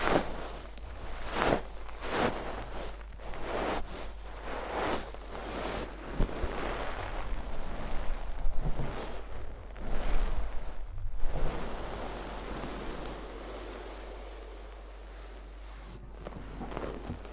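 Deep ear cleaning, with rough scraping and rustling strokes that come in rhythmic bursts about every half second for the first several seconds. Later the sound turns to denser, irregular crackling and rubbing, then thins to a quieter hiss with occasional soft scrapes near the end.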